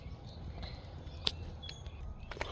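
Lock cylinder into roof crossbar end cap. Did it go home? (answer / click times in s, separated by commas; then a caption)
yes / 1.3 s. A plastic lock cylinder is pressed with some struggle into the end cap of a Thule WingBar Evo roof crossbar on a 2024-26 Hyundai Santa Fe. Over a low rumbling background, it snaps in with one sharp click at 1.3 s, followed by a few fainter ticks near 1.7, 1.9, 2.3 and 2.4 s. The lock cylinder is seated in the crossbar end cap.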